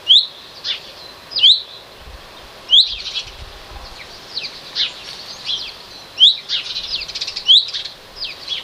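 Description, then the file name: Common chaffinch calls: clear, brief rising notes repeated at irregular intervals of about one to three and a half seconds, with quieter high chirping and twittering filling the gaps. "Fringilla coelebs"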